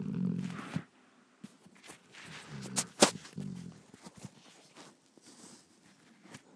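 Low, rumbling, rattly snores from a sleeping 2-year-old guide dog come in a few loud, uneven bursts separated by quieter pauses, with faint clicks and movement noise around them. Unusually loud snoring for so young a dog.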